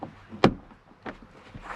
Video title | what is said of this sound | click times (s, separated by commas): LASFIT LED's on Toyota Rav4, Install/Review | up and you'll you'll feel it and hear it click back into place | 0.4 s